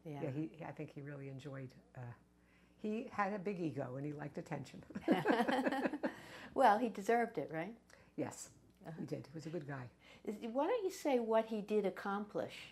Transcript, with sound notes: Yeah he, I think he really enjoyed - he had a big ego and he liked attention. (Both laugh)
Well, he deserved it, right?
Yes, he did. He was a good guy.
Why don't you say what he did accomplish?